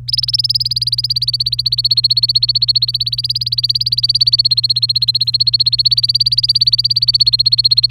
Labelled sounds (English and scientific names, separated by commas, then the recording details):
Domestic Canary (Serinus canaria) song
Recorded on 27 April 2018 at 16:45
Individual llb3